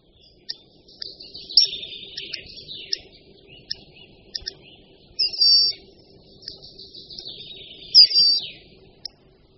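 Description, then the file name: Hawfinch calling with short, clipped high ticks, broken by a few longer buzzy, wavering notes near the five-second and eight-second marks, over a soft background hum. "Dlask-tlustozobý"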